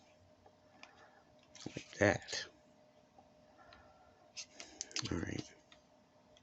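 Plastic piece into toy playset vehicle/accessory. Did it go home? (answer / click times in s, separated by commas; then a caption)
no / none. A small plastic piece, possibly a key, is being handled and fitted into a part of a military toy playset, with light plastic ticks, rustling handling noises and someone talking briefly. Nothing has seated or clicked into place yet by the end of the clip.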